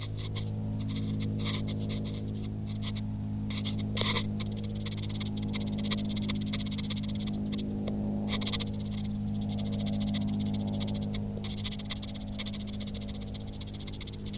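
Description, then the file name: Cricket chirping, a steady train of rapid high pulses with a few short breaks, over a continuous low hum. "Grillen"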